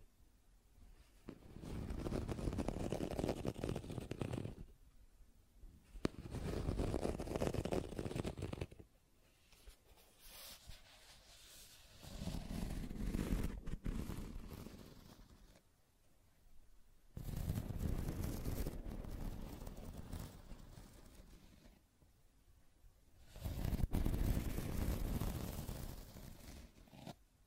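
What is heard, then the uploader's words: Scratching and tracing sounds come in five long strokes, each lasting about three seconds, separated by short pauses. The strokes are rough and gritty, with a low rubbing body and a hiss on top, swelling and fading smoothly as each pass moves along. ASMR 1 Hour Scratching and Tracing Sounds (No Talking).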